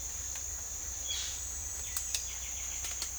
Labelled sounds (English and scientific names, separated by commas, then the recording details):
Russet-backed Oropendola (Psarocolius angustifrons), Violaceous Jay (Cyanocorax violaceus), White-winged Becard (Pachyramphus polychopterus)
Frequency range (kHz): Violaceous Jay (Cyanocorax violaceus) 1.0-6.2 kHz; White-winged Becard (Pachyramphus polychopterus) 1.8-4.0 kHz
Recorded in secondary vegetation near Puerto Asís, Putumayo, Colombia, on 25 June 2025
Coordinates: 0.488, -76.319
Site G094